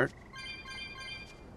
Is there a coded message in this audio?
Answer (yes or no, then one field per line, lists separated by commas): no